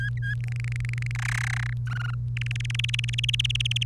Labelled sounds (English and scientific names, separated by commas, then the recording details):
Domestic Canary (Serinus canaria) song
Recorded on 1 May 2018 at 05:50
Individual llb3